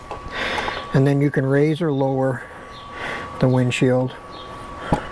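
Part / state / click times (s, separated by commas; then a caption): windshield height adjuster notch on motorcycle windshield mount / seated / 4.9 s. Someone talks while the windshield on a Triumph T120 motorcycle, with its two knobs loosened, is raised one notch on its quick-detach adjustable mount. A single short click at 4.9 s is the height adjuster seating into the next notch.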